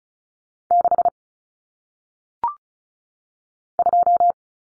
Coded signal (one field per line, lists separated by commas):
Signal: Morse code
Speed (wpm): 33 wpm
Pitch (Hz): 700 Hz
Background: none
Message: 6 2